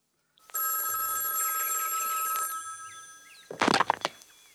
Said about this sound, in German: Am 11. März klingelte bei Condon das Telefon.